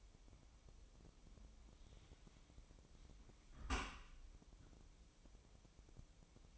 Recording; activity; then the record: daily activity, microphone in the room; close dishwasher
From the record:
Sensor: 1